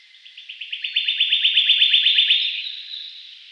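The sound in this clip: White-throated treecreeper giving a fast, high trill of piping notes that swells in loudness, then fades.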